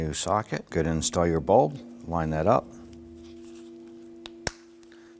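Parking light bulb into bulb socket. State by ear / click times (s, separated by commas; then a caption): seated / 4.5 s. Someone talks while a parking light bulb for a 1993–1997 Ford Ranger is lined up with its new bulb socket, then a low steady hum and a faint tick at 4.3 s are heard. The bulb is pushed in and snaps into place in the socket with a sharp click at 4.5 s, followed by a couple of tiny ticks.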